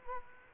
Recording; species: mosquito wingbeat signal from an infrared sensor; Culex quinquefasciatus